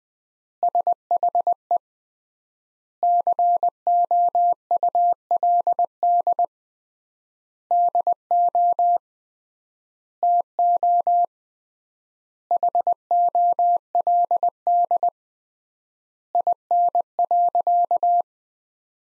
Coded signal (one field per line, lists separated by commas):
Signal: Morse code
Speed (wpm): 20 wpm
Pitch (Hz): 700 Hz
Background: none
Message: SHE COULD DO TO HOLD IN.